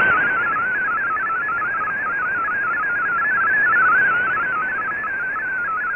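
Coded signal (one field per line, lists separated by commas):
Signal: multi-tone FSK (Olivia or MFSK type)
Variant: MFSK32 or MFSK64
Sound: rapid warbling single tone hopping among pitches near 1.5 kHz, over hiss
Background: radio static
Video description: Here is my decode of the Shortwave Radiogram broadcast today on 15770Khz shortwave radio at 1300UTC in MFSK32 and 64 and with 10 SSTV images.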